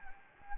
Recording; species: mosquito wingbeat signal from an infrared sensor; Anopheles gambiae